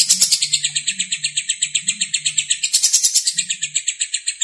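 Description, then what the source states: Lovebird giving a long run of shrill, rapid chirps, with a brief burst of louder, denser notes in the later part. Lovebird singing in the konslet style.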